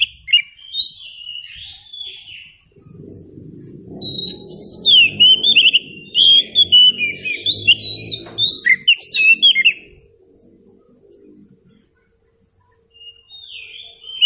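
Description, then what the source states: Magpie-robin song, a fast run of varied whistles, trills and slurred notes, then a pause and a short restart, over a low rumbling hum. Local name kacer; meant to prompt a bird to sing in reply.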